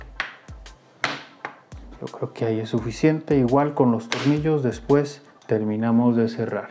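The plastic bottom cover of an HP 14-F1000 / 14-FQ1000 series laptop is pressed around its edges into the chassis, and sharp clicks are heard at 0.2 s and 1.0 s as the remaining clips snap home, with lighter taps in between. Someone then talks as the cover sits seated.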